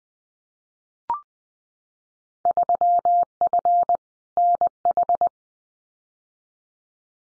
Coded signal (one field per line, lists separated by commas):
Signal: Morse code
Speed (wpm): 20 wpm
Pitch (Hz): 700 Hz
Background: none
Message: 3F NH